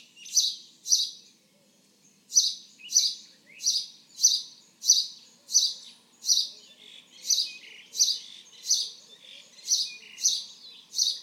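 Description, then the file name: House sparrow chirping, short bright chirps repeated in a series, with a brief pause near the start. "Passer domesticus"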